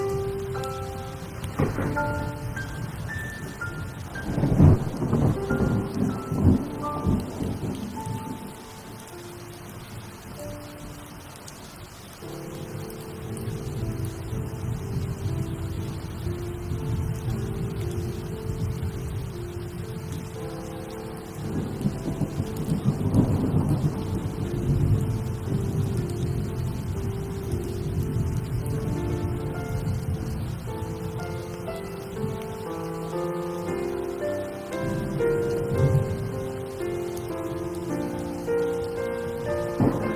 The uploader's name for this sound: original sound tracks with rain